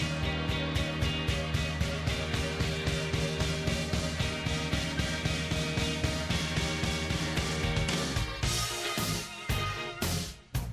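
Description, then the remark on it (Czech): A radio program jingle: loud, upbeat music with a fast, steady pounding beat, shifting near the end into bright swooshing bursts before cutting off. No one speaks. “Uf, kad pustimo ovaj jingle, prođu me trnci jer dođemo do onog dijela programa u kojem govorimo o onome što je svakom studentu najbitnije u životu.”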